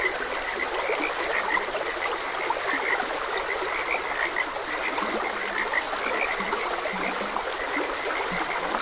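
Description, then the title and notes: A frog chorus of repeated short croaks, with a few lower grunting notes, set against the steady hiss of running water. Frogs croaking beside a gentle stream. "Gentle Stream and Frogs Croaking. Sleep and Relaxation Podcast"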